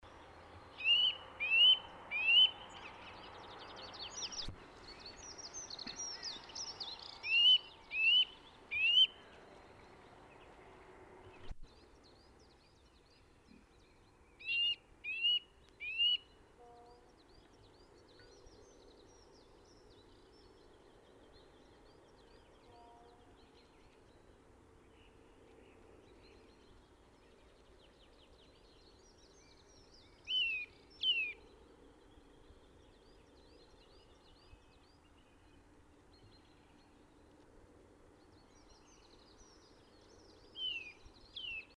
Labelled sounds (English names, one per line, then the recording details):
Eurasian Nuthatch call
Dunnock
Coal Tit
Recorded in the wild
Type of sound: call
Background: Prunella modularis, Periparus ater
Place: Garmisch-Partenkirchen, Bayern, DE
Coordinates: 47.4917, 11.0956
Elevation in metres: 704
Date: 1973-04-28
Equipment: Nagra
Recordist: Tretzel, Erwin
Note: genauer Ort unbekannt, Garmisch-Partenkirchen, Frühpirsch: Ruf "wui wui"